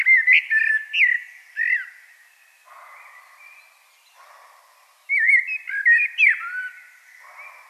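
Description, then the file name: Common blackbird in song: several loud fluted, slurred phrases with brief high squeaks, separated by softer lower warbling. "Turdus merula"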